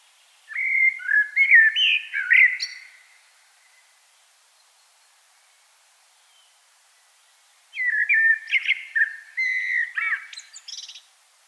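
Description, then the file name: Common blackbird delivering two rich warbled phrases several seconds apart, each closing with scratchy high twitters, silence between them. "Turdus merula"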